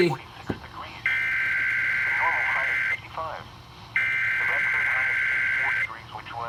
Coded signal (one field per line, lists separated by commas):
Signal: Emergency Alert System (SAME) tones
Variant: header bursts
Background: speech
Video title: 2021 VA Tornado Drill(EAS 437-457)